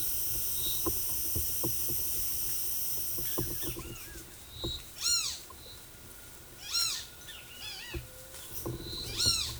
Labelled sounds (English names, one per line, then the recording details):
Great Kiskadee
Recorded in forest near Pivijay, Magdalena, Colombia, on 13 April 2023 at 11:00
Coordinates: 10.467, -74.380
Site Z5-G034